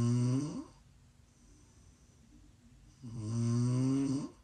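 ASMR snoring from an adult: a snore trails off at the start, then after a quiet pause of about two seconds comes a longer, loud, buzzing snore with a low, steady pitch lasting about a second.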